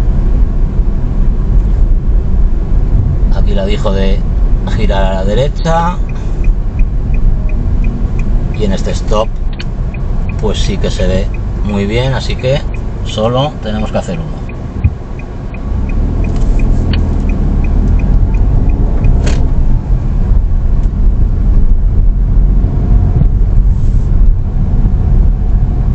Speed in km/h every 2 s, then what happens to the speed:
33, 30, 27, 22, 16, 5, 0, 0, 14, 19, 22, 25, 23.
0-11 slows to 0. 11-14 standing. 14-21 pulls away to 25.